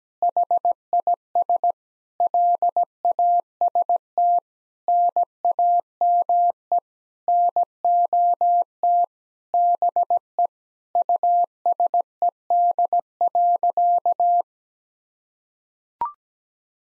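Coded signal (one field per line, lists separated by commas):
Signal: Morse code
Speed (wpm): 17 wpm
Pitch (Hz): 700 Hz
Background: none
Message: HIS LAST NAME NOT BE USED.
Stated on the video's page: Morse practice sentences of common nine-word phrases at 17wpm for head-copy drill, each sent twice.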